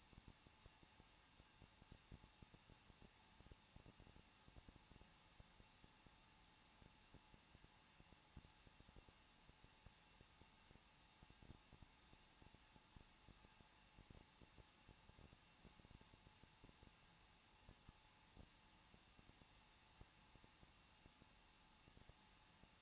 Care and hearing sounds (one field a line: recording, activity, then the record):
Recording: daily activity, microphone in the room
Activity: no activity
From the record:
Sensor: 1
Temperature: 20.1 degrees Celsius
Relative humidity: 39.1%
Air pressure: 1006.4 hPa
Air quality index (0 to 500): 216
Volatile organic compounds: 74 ppm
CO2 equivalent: 3558 ppm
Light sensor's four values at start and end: 1/2/1/1 and 1/2/1/1